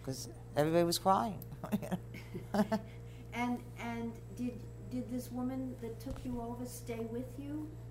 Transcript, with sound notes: Cause everybody was crying. (chuckles)
And did this woman that took you over stay with you